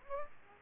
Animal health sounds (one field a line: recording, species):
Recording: mosquito wingbeat signal from an infrared sensor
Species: Aedes aegypti